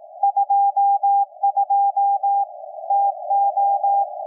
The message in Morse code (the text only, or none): 22 TO